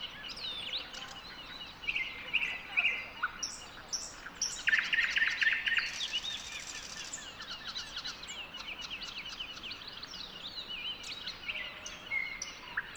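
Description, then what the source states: Many birds singing at once: a loud buzzy rattle in the middle, scattered thin whistles, downslurred chirps and twittering throughout a busy dawn chorus. Song recorded within a dawn chorus.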